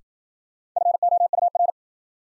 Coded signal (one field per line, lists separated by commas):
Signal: Morse code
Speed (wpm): 55 wpm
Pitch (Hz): 700 Hz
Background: none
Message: FOUR